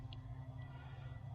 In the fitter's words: Pushes in till it clicks.